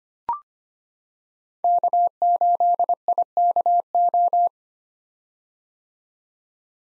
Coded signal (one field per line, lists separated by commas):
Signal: Morse code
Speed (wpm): 25 wpm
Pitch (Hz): 700 Hz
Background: none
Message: K8IKO